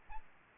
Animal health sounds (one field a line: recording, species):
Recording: mosquito wingbeat signal from an infrared sensor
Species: Aedes albopictus